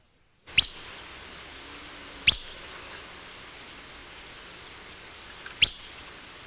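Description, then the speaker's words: Willow Flycatcher whit calls: three short, sharp upward-sweeping notes, spaced irregularly, over faint steady background noise. Whits recorded in the Verde Valley, central Arizona; whits vary considerably and serve as communication between paired birds and as alarm calls. "By contrast, these whits were recorded in the Verde Valley in central Arizona."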